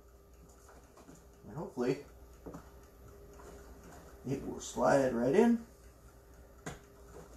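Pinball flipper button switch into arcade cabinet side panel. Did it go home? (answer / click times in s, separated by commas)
yes / 6.7 s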